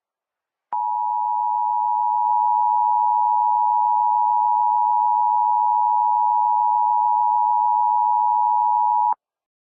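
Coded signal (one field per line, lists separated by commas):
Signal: Emergency Alert System (SAME) tones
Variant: 853 and 960 Hz attention tone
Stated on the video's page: Simulated severe thunderstorm warning for Georgia, made with software.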